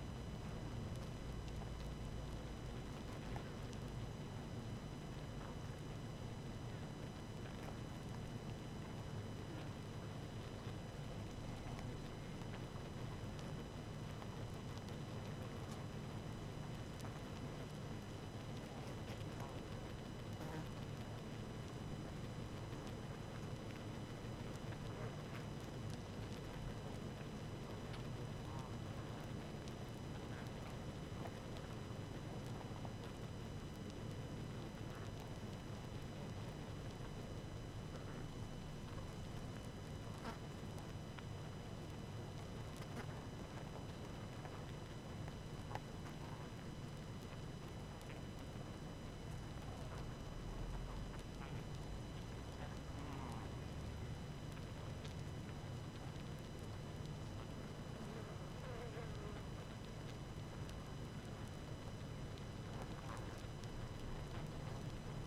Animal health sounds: honeybee colony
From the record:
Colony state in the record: active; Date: 12 June 2018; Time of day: 18:38

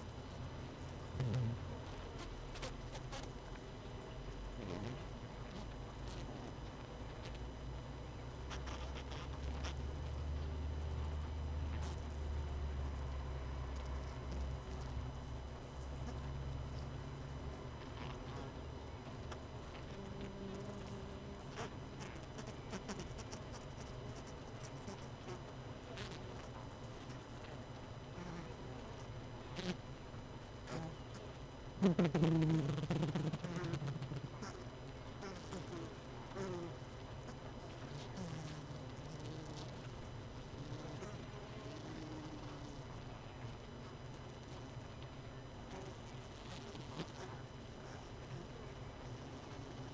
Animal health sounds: honeybee colony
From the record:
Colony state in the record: missing queen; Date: 31 May 2018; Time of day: 18:28

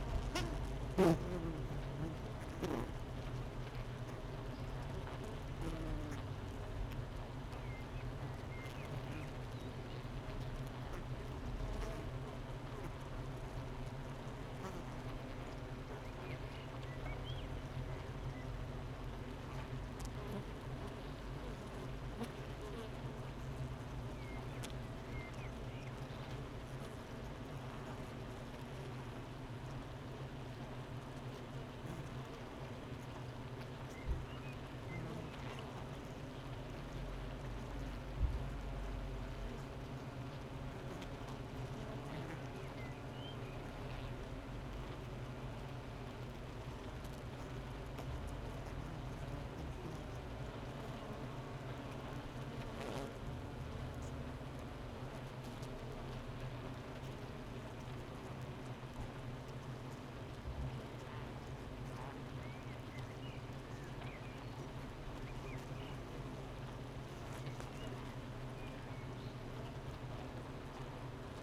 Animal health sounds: honeybee colony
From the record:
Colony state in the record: missing queen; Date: 31 May 2018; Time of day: 8:44

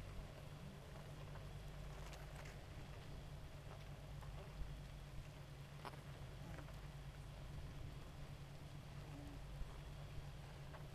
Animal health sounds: honeybee colony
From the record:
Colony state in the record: active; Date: 28 July 2017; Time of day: 2:06

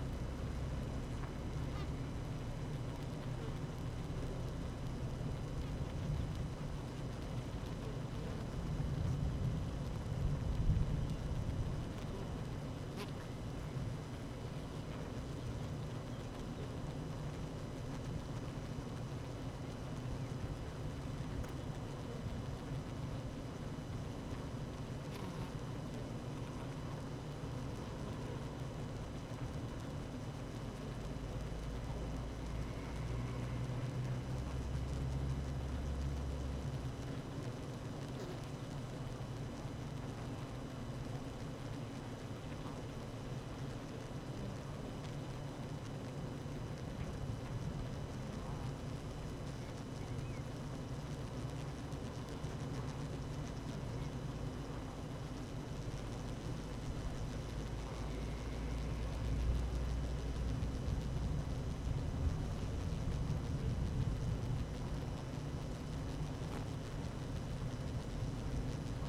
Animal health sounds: honeybee colony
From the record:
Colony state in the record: active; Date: 12 June 2018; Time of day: 12:31

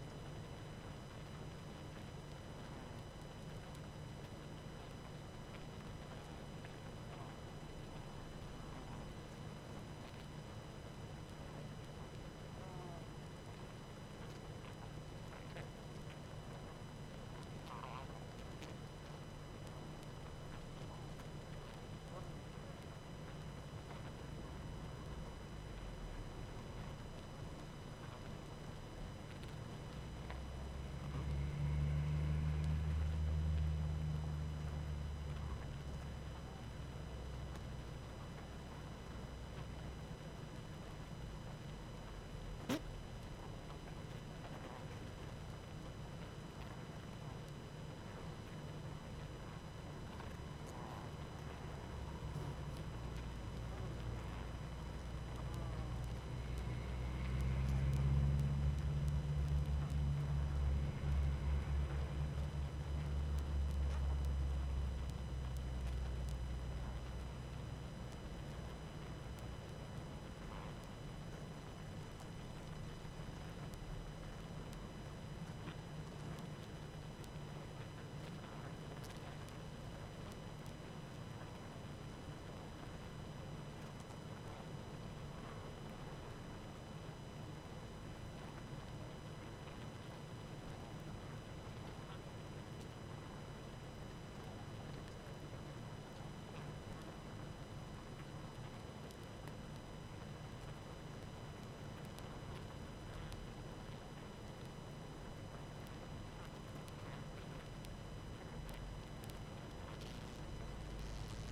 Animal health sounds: honeybee colony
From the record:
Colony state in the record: active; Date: 12 June 2018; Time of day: 19:32

